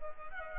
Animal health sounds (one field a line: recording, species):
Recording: mosquito wingbeat signal from an infrared sensor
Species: Culex quinquefasciatus